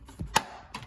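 A semi-open cassette cover of a cordless window shade is pressed onto the end cap by hand, with the end cap's clips lined up with the holes and its pins going in. After a faint low thump, a sharp snap at 0.4 s marks the cover popping into place, and a softer knock follows near 0.8 s. The cover is seated on the end cap clips.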